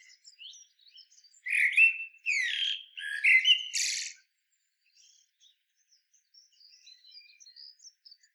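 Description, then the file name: Common blackbird singing one phrase of mellow, fluty warbled notes, ending in a short, high, squeaky twitter, with faint scattered chirps before and after. "Turdus merula"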